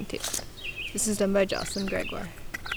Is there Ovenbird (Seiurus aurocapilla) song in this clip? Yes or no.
no